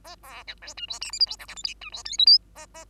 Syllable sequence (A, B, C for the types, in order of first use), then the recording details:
A B C D E F G H I J K L M N E F O P Q A A. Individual Bird2